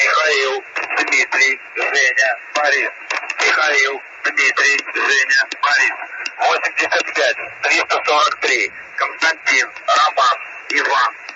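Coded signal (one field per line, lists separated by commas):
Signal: numbers station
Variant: UVB-76, Russian voice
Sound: russian male voice reading phonetic-alphabet names, then numbers, repeated group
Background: radio static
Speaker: Occasionally, the buzzing is interrupted by a voice in Russian. However, the voice simply says seemingly random letters and names, such as Dmitry and Vladimir. It's pretty obvious there's some kind of code going on.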